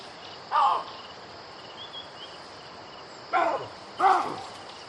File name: audio hero Baboon